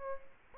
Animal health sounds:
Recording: mosquito wingbeat signal from an infrared sensor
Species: Aedes albopictus

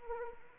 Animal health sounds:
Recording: mosquito wingbeat signal from an infrared sensor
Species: Anopheles arabiensis

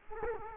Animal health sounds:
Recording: mosquito wingbeat signal from an infrared sensor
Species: Culex quinquefasciatus

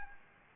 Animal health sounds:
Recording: mosquito wingbeat signal from an infrared sensor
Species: Anopheles arabiensis

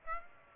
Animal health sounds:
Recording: mosquito wingbeat signal from an infrared sensor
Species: Aedes aegypti

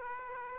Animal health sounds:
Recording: mosquito wingbeat signal from an infrared sensor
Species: Aedes aegypti

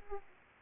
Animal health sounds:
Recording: mosquito wingbeat signal from an infrared sensor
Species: Aedes aegypti

